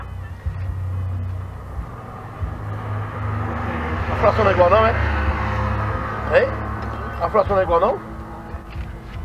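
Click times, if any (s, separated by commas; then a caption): none. An aftermarket 18-inch alloy wheel is offered up to the hub of an old hatchback, but its centre bore is too small to go over the hub's centering pilot, so the wheel does not seat and nothing clicks. Someone talks over a low background hum, with a short sharp knock at the very end around 9.3 s.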